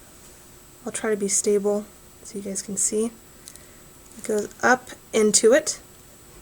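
Thread is being guided up into the thread guide of a sewing machine during threading, with someone talking in bursts throughout. A couple of faint short ticks sound around 3.5 s between the speech. Nothing has snapped or seated into the guide yet by the end.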